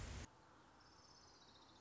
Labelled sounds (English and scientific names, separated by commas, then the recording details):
Orange-crowned Warbler (Leiothlypis celata)
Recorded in Sonoma County, California